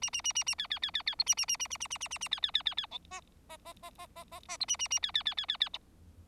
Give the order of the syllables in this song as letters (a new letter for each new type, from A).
A A A A A B B B B B C A A A A A A A A A A B B B B B D E E E E E E E E C A A A B B B B B B